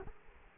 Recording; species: mosquito wingbeat signal from an infrared sensor; Culex quinquefasciatus